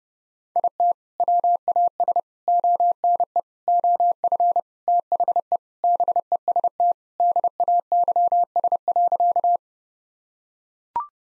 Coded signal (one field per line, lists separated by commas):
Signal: Morse code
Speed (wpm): 30 wpm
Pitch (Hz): 700 Hz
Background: none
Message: IT WAS ONE OF THE BEST DAYS.